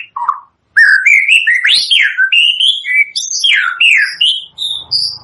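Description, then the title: White-rumped shama song: bright, varied whistled phrases with rising and falling slurs and high thin notes, steady and continuous after a brief opening note and pause. Lure used for bird trapping (pikat); gacor (lively) singing. "PANCINGAN MURAI BATU GACOR"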